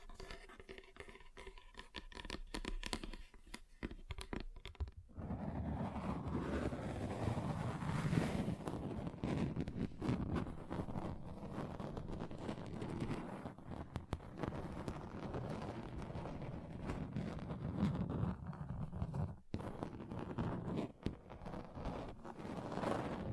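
Tapping on a table and other surfaces, as quick, irregular knocks and scuffs. The first five seconds are lighter and sparser; from about five seconds the tapping turns dense and rumbly, continuing almost without pause, with a brief gap near nineteen seconds.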